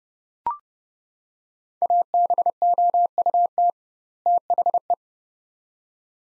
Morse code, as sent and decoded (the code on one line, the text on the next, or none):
.- -... --- ..- - / - .... .
ABOUT THE